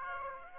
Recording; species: mosquito wingbeat signal from an infrared sensor; Aedes aegypti